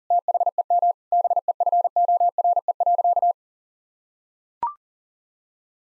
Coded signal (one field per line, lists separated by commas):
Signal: Morse code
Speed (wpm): 40 wpm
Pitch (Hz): 700 Hz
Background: none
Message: THEM BEFORE.